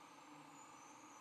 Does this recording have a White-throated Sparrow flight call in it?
no